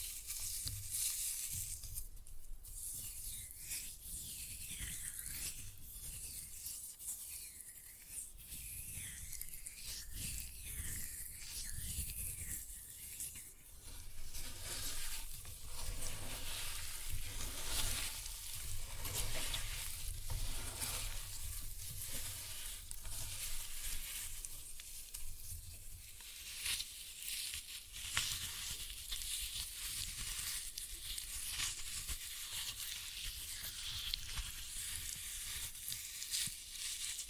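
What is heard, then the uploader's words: Floral foam being crushed, giving a dense, continuous crackle and fizzing crunch that sounds almost like frying. The texture stays bright throughout, with a low rumble underneath and heavier bursts of crunching from about 15 seconds on. Floral Foam Glitter Bomb Crushing.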